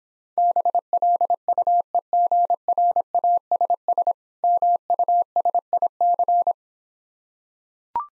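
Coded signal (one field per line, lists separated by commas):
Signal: Morse code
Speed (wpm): 26 wpm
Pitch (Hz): 700 Hz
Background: none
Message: BLUEGRASS MUSIC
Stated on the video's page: Morse practice drill of difficult words at 20 wpm, speed-racing format with contextual hints.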